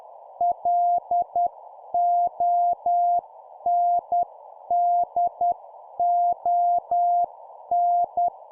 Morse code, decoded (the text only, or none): LONDON